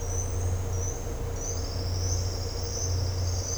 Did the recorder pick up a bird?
no